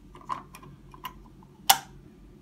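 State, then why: Seated. Plastic locking pieces are pushed into the housing of a front wheel swivel/lock mechanism on a Bugaboo Buffalo / Donkey stroller during reassembly. Several faint, light clicks and taps from handling the parts come first. The pieces snap into place with one loud, sharp click at 1.7 s, and the parts are seated.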